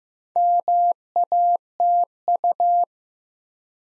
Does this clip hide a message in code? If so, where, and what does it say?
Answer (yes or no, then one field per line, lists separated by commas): yes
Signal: Morse code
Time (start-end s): 0.4-2.8 s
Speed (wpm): 15 wpm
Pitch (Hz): 700 Hz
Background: none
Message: MATU